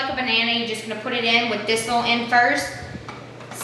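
A curved steel magazine is rocked front end first into the magazine well of an AK-47 rifle while someone talks. Sharp snaps are heard at 3.1 s and 3.5 s as the magazine seats into place.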